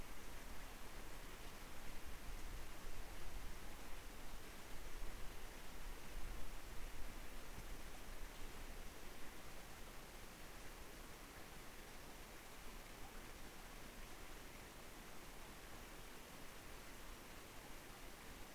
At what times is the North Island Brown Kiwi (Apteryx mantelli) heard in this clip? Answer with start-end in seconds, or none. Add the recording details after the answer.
none. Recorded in New Zealand on 3 November 2013. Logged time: 01:58. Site CV71